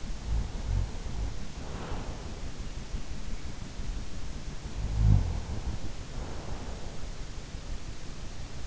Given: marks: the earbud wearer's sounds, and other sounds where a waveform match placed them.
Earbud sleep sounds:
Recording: sounds in sleep by an in-ear microphone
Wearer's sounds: snoring breath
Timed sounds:
0.00-2.51 s: snoring breath
4.81-7.44 s: snoring breath

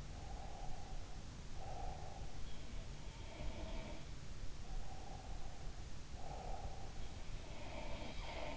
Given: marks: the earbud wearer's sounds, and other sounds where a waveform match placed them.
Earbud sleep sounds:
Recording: sounds in sleep by an in-ear microphone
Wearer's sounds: breath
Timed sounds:
0.00-2.37 s: breath
3.23-4.19 s: sound from someone else or the room
4.57-7.02 s: breath
7.47-8.56 s: sound from someone else or the room

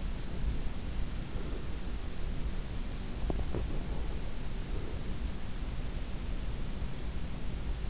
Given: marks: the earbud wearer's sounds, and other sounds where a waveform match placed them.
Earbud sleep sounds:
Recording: sounds in sleep by an in-ear microphone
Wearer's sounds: breath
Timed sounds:
0.09-1.98 s: breath
3.01-4.98 s: breath

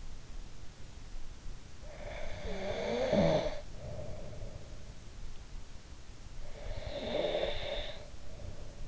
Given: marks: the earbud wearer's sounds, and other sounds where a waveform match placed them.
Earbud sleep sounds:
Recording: sounds in sleep by an in-ear microphone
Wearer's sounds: snoring breath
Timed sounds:
1.88-4.89 s: snoring breath
6.35-8.88 s: snoring breath

